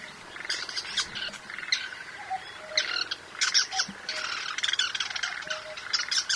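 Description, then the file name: Bull-headed shrike calling with dense, scratchy chatter in repeated bursts, with brief whistled notes in between. "mozu"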